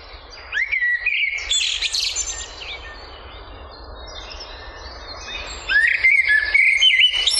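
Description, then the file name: House martins twittering in short chattering bursts, a quiet gap in the middle, then another busy run of rapid chirps over constant hiss. "HIRONDELLE DES FENETRES"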